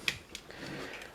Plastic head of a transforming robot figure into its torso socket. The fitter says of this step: I have to really press for some reason to get hit to pop back in there but it clicks into place